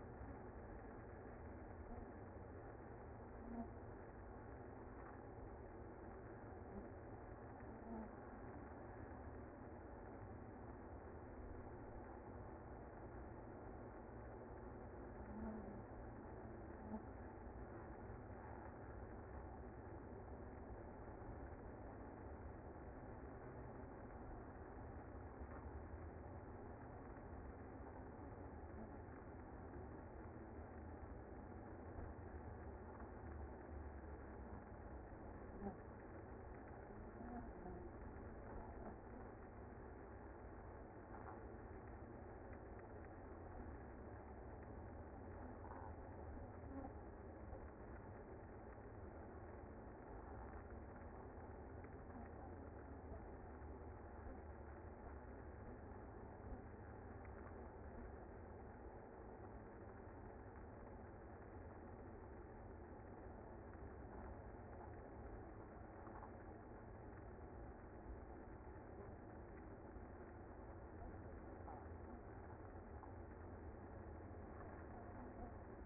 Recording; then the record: honeybee colony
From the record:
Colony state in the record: active